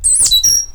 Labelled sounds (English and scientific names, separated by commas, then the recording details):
Stitchbird (Notiomystis cincta) song
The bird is a male
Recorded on Tiritiri Matangi Island, New Zealand, in 2005
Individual 8, of nest box 10